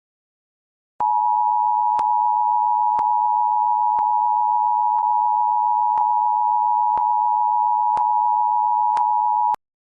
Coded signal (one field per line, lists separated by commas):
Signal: Emergency Alert System (SAME) tones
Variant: 853 and 960 Hz attention tone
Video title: Emergency outbreaks sound SOS sound￼